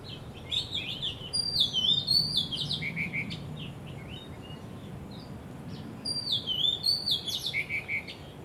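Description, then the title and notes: Birds singing two lively phrases of swooping whistles and sharp high slurs, the first lasting about three seconds, the second following after a pause of a few seconds, with low rumble beneath. Birds singing vigorously at Wu Kai Sha, Hong Kong, on 15 December 2006; recorded with AKG condenser microphones in XY stereo. "香港 烏溪沙 雀鳥勁唱歌 Date: 15 December 2006"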